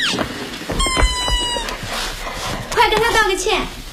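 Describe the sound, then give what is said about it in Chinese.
In a scene from the film 'Call for Love' (爱情呼叫转移), the character Xu Lang steps on a big dog's rubber duck toy lying on the floor; it lets out a sharp, high-pitched squeak, then a second, wavering squeal follows, with faint voices murmuring in the background. “徐朗踩到了地上的橡皮鸭子。”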